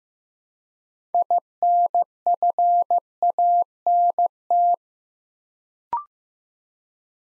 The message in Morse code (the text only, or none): INFANT